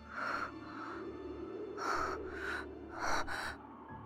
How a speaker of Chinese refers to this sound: 孟千姿没说话，只是喘息声略急，他在想另一件事儿。